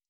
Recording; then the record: hydrophone in a shrimp aquaculture tank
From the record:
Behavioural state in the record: stressed